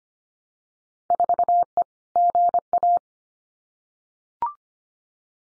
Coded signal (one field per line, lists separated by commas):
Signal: Morse code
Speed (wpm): 25 wpm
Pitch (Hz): 700 Hz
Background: none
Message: 4E GA